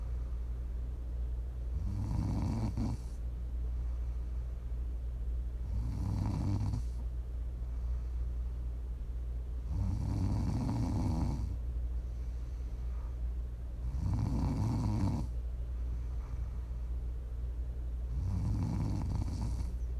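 Prime ASMR snoring from a sleeping adult: deep, rumbling snores recurring about every four seconds, with quieter breathing between them.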